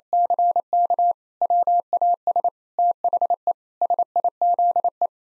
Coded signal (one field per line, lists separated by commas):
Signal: Morse code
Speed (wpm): 27 wpm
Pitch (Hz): 700 Hz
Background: none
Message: CK WAS THE SIZE